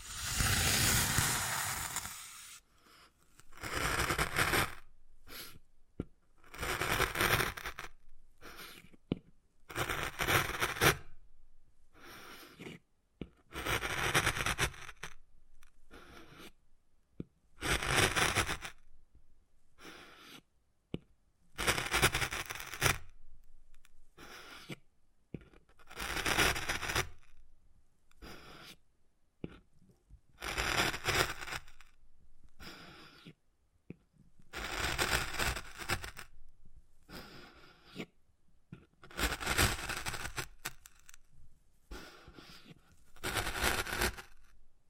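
Wood carving sounds: rough scraping and scratching strokes come in bursts of one to three seconds, separated by short silences, repeating steadily across the whole recording. Each stroke is dry and bright, with occasional sharper clicks between passes.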